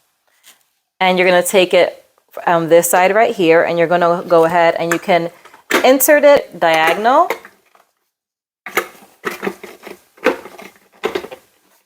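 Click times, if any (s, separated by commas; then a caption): none. Someone talks while a plastic vegetable cutting head is put into the housing of a Parmedu electric grater at a diagonal and lined up. After the talking, a few short plastic knocks and taps come between about 8.7 and 11.2 seconds as the head is handled into position. Nothing has seated or clicked yet.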